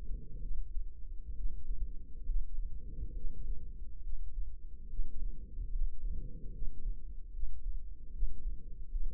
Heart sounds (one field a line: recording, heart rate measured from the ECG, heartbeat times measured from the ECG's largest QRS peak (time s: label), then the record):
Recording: heart sounds by microphone in the left ear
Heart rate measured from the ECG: 71 bpm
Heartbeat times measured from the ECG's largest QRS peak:
0.39 s: heartbeat
1.33 s: heartbeat
2.24 s: heartbeat
3.13 s: heartbeat
4.01 s: heartbeat
4.87 s: heartbeat
5.70 s: heartbeat
6.50 s: heartbeat
7.31 s: heartbeat
8.10 s: heartbeat
8.89 s: heartbeat
From the record:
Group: healthy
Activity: rest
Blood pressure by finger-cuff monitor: 109/76 mmHg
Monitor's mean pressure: 88 mmHg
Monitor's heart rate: 68 bpm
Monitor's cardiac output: 5.3 L/min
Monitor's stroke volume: 80 mL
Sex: female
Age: 32 years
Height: 172 cm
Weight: 71.7 kg